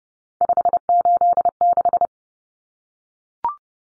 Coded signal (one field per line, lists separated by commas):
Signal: Morse code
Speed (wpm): 30 wpm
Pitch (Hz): 700 Hz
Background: none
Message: 586